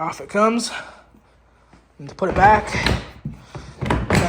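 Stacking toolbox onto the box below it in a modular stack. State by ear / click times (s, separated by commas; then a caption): seated / 3.9 s, 4.2 s. Someone talks while a modular plastic Craftsman Tradestack stacking toolbox is lifted off and then set back onto the box below it in the stack, pushed down until the latch engages. Sharp snapping clicks land at about 3.9 s and 4.2 s as it seats and latches in place.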